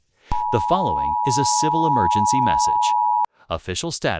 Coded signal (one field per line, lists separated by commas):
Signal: Emergency Alert System (SAME) tones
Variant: 853 and 960 Hz attention tone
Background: speech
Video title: Eas scenario: dad went out for milk (warning ⚠️ swearing)